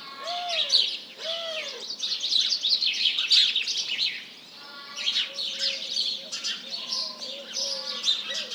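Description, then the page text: House Sparrows chirping continuously in a bright, restless flock chorus, with a few rounded low coos among them. Large flock calling in the morning, mixed with various pigeons; recorded 1 March 2007 at 07:30. "Réveil des oiseaux. BigSoundBank"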